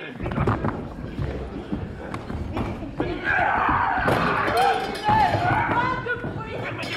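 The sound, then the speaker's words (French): Chairs being banged and knocked about, with several loud, irregular wooden thumps and clatters while people talk and shout over the commotion. “Mais ne cassez donc pas mes chaises, vous!”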